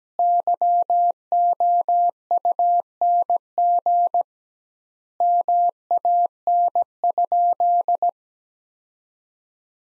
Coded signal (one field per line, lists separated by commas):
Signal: Morse code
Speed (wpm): 17 wpm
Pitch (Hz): 700 Hz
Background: none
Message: YOUNG MAN?